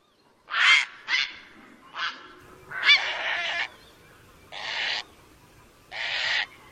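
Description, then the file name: Great blue heron producing a series of hoarse, honking squawks, some short and some drawn out, at irregular intervals. "Canto do garca azul grande"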